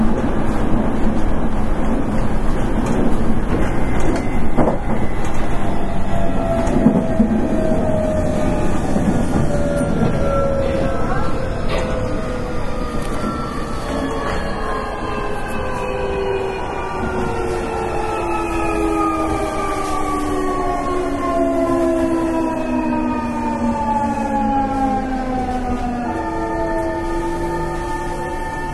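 Running sound of a Nankai 8300 series electric train on an airport express. A steady low rumble of wheels continues throughout while several whining motor tones slide slowly downward as the train slows, with a brief jump in pitch near the end.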